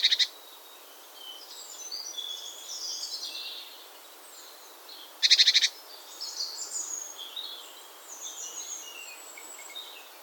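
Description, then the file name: Great tit with two short harsh churring bursts, at the start and midway, set against a steady chorus of high-pitched bird song. "Parus major"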